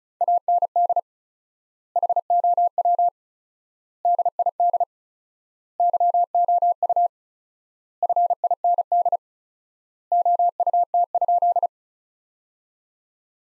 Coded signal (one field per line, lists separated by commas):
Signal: Morse code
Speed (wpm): 34 wpm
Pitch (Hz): 700 Hz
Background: none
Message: AND HOW DID YOU FIND OUT?